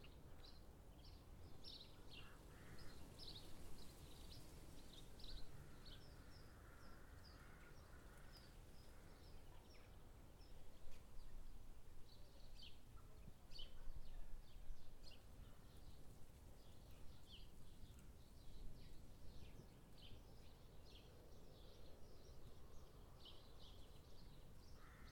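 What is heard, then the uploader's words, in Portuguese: Winter in the forest: a steady low rumble of wind or far noise fills the bottom throughout, with no pauses. Above it, many small bright bird chirps and short calls scatter across the whole clip, thickest around the middle, with a few lower calls mixed in. No inverno, a floresta fica bem fria. Inverno na floresta.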